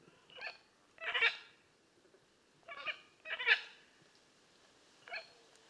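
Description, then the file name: Blue-and-yellow macaw giving short, harsh, croaking squawks, some in pairs, at irregular intervals. "Blue and yellow Macaw Ara ararauna"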